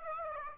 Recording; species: mosquito wingbeat signal from an infrared sensor; Aedes aegypti